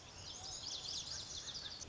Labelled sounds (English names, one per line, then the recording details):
Lazuli Bunting
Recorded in Sonoma County, California